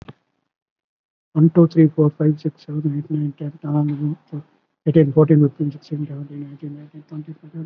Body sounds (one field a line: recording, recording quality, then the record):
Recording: counting at a normal pace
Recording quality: excellent, no background noise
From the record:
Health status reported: COVID-19 positive, mild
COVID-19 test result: positive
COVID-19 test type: RT-PCR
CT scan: not taken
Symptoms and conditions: cough, fever, fatigue, hypertension, diabetes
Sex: male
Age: 67 years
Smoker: yes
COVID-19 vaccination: one dose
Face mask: not worn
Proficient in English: no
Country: India